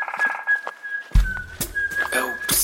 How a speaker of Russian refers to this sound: Итак, на первом месте большая синица. Ты-ты-ты-ты-ты.